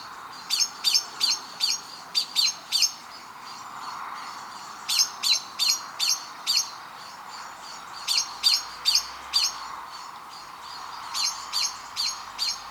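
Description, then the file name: Common blackbird giving hard, metallic chink notes in rapid runs of several, the runs returning every few seconds against background hiss. "Turdus merula"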